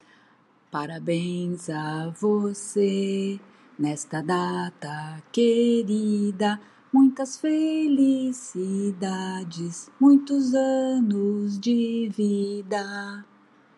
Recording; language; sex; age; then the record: short text; Brazilian Portuguese; female; 60 to 69 years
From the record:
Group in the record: control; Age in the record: 62 years